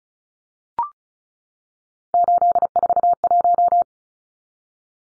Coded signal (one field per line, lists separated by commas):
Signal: Morse code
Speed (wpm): 34 wpm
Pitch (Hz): 700 Hz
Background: none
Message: 841